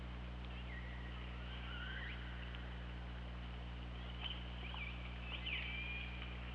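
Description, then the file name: Killer whale calls, several gliding and looping tonal notes, the strongest near the end, set against constant low underwater hum and faint clicks. Underwater hydrophone at OrcaLab, 24 August 2017, about 21:10. "Orca Lab UTLN JASON 20170824 211020"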